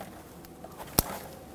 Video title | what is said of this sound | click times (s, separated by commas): How to Replace Valve Cover Gasket 1997-2006 Jeep Wrangler (2.4L) | make sure that connector clicks | 1.0 s